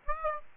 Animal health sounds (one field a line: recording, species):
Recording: mosquito wingbeat signal from an infrared sensor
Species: Aedes aegypti